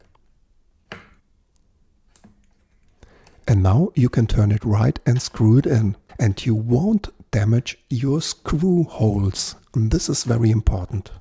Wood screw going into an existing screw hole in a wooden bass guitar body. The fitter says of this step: it first left till it clicks like that.